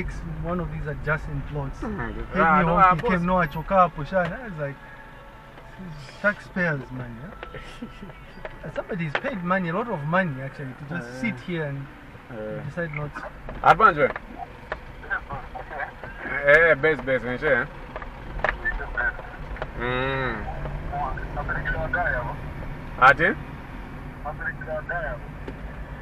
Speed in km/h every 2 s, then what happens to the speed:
14, 10, 0, 0, 0, 0, 0, 0, 6, 8, 14, 22, 21.
0-4 brakes to 0. 4-14 standing. 14-22 pulls away to 22.